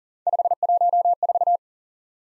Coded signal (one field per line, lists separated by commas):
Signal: Morse code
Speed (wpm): 45 wpm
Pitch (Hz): 700 Hz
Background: none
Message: 514